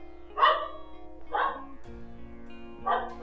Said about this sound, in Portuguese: Minha cachorra tá latindo.